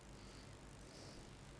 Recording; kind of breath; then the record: one breath in and out by a microphone near the nose and mouth; normal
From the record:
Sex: male